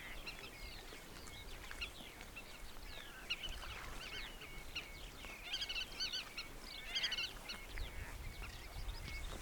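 Collared pratincole calls: many short, clipped, chattering notes coming in bursts with brief lulls, against a constant low hiss.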